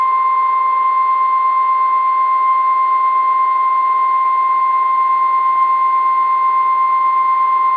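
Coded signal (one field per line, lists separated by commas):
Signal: Emergency Alert System (SAME) tones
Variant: 1050 Hz attention tone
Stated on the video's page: Virtual (simulated) EAS double header: hurricane warning and tropical storm warning.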